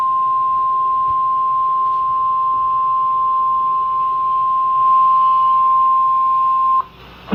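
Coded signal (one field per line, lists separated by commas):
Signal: Emergency Alert System (SAME) tones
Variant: 1050 Hz attention tone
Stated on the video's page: Real Colorado weather alerts, including tornado, flash flood and severe thunderstorm warnings.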